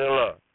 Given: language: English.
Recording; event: throat vibration sensor signal played as sound; speech